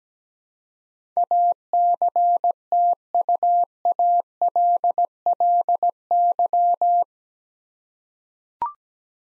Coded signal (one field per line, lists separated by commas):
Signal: Morse code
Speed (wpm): 17 wpm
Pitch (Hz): 700 Hz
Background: none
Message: ACTUALLY